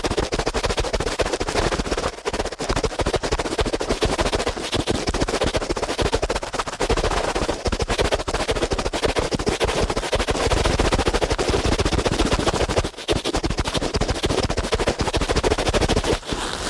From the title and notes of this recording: ASMR Ear Cleaning at Helicopter Speed.